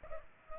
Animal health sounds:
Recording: mosquito wingbeat signal from an infrared sensor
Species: Culex pipiens

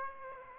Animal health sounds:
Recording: mosquito wingbeat signal from an infrared sensor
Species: Aedes aegypti

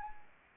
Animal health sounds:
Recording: mosquito wingbeat signal from an infrared sensor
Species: Anopheles arabiensis

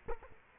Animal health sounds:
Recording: mosquito wingbeat signal from an infrared sensor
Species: Culex quinquefasciatus

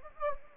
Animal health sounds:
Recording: mosquito wingbeat signal from an infrared sensor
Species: Anopheles gambiae

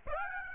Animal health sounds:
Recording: mosquito wingbeat signal from an infrared sensor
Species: Aedes aegypti

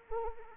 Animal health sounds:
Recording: mosquito wingbeat signal from an infrared sensor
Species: Anopheles arabiensis

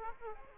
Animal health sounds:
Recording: mosquito wingbeat signal from an infrared sensor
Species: Aedes aegypti

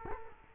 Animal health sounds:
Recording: mosquito wingbeat signal from an infrared sensor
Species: Culex quinquefasciatus

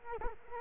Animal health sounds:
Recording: mosquito wingbeat signal from an infrared sensor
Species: Culex quinquefasciatus

